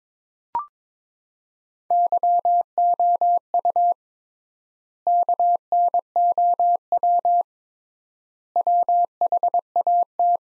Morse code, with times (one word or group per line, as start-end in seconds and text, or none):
1.9-3.9 YOU
5.1-7.4 KNOW
8.6-10.4 WHAT